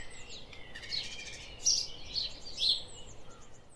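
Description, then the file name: House sparrow chirps, a few short bright notes scattered over a steady hiss of background noise. "Passer domesticus"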